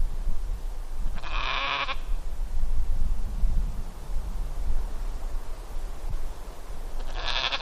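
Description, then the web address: Dall sheep giving a coarse, quavering bleat early on, then another beginning near the end, with steady low rumbling noise throughout. Recorded in Denali, Alaska, on 6 July 2011 at 06:48. "alaska MAMMALS 20110706 064839 Dall Sheep"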